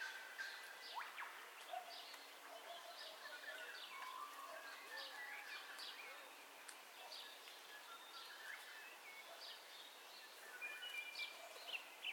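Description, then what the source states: Mixed birds calling at dawn, many quick chirps and trills layered with lower rounded notes, continuing throughout against a faint hiss. Dawn ambience of bird calls, recorded in stereo.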